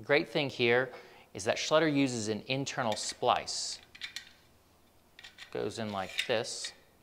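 Someone talks while handling an internal aluminium splice at the end of a Schletter aluminium solar mounting rail, starting to push it in, with a few faint knocks and taps between the speech. The splice has not locked into place yet, and nothing has seated or clicked by the end of the clip.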